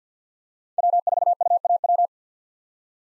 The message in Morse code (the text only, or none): W4UAW